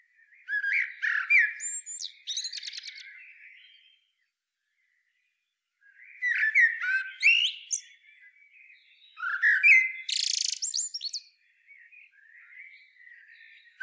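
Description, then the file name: Common blackbird song: three rich whistled phrases, each low and fluty before breaking into a shrill, scratchy twitter, separated by short pauses. "Turdus merula"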